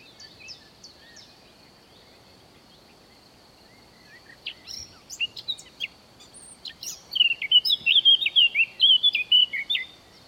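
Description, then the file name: Eurasian blackcap song: quiet scratchy twittering builds over several seconds, then a loud, clear fluty flourish of rapid whistled notes near the end. "Sylvia atricapilla"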